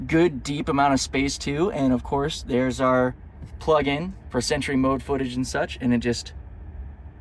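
Someone talks while handling the glovebox lid of a new Long Range Tesla Model 3, which closes onto a magnetic catch in the dashboard. Low steady background rumble sits under the speech. Nothing has seated or snapped shut yet by the end of the clip.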